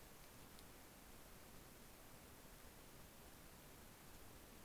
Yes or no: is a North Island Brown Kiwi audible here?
no